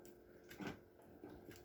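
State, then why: Not seated. A metal mixing bowl is twisted onto a stand mixer base, making quiet scraping and handling noises with a few brief knocks and a louder rub near the middle. Nothing has seated or locked yet.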